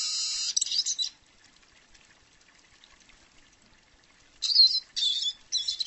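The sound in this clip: Bird with harsh, buzzy high chatter at the start, a long silent stretch, then several more scratchy chirping bursts at the end.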